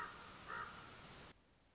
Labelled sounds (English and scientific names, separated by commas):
Common Raven (Corvus corax)